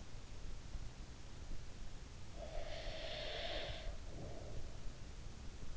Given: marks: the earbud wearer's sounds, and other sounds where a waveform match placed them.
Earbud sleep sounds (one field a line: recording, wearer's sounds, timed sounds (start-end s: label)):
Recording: sounds in sleep by an in-ear microphone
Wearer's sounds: breath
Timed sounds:
2.24-4.75 s: breath